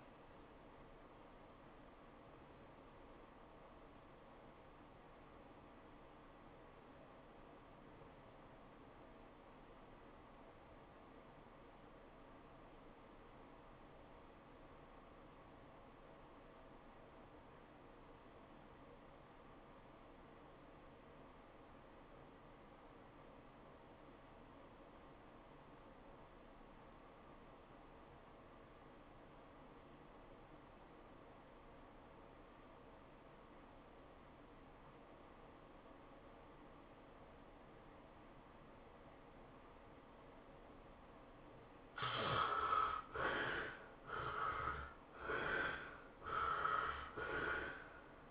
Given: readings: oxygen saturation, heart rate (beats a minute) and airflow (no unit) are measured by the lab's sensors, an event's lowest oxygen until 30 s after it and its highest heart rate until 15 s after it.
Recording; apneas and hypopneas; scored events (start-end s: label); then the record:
breathing in sleep by a voice recorder at the bedside; 1
3.00-42.40 s: obstructive apnea (REM, oxygen 93% highest, then 64% lowest, heart rate 101 at the start, 115 highest)
From the record:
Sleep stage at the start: REM sleep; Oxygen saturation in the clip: 66 to 93%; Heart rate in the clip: 69 to 110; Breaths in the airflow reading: 4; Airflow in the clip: -18.0 to 8.8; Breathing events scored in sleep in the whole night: 403 in 5.5 hours asleep